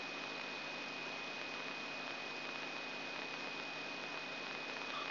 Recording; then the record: brain microelectrode recording played as sound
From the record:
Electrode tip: inside the subthalamic nucleus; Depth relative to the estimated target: 0 mm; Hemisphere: left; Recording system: AlphaMap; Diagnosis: Parkinson's disease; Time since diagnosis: 6 years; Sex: female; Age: 40 years